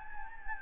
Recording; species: mosquito wingbeat signal from an infrared sensor; Anopheles gambiae